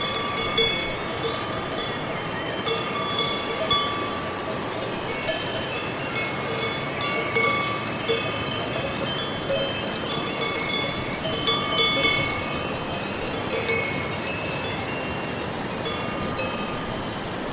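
Cowbells clink continuously on an Alpine farm, several bells overlapping in a steady, dense ringing with bright metallic tones. Sharper, louder clanks stand out now and then, near 1, 3, 8 and 12 seconds, over a soft outdoor hush.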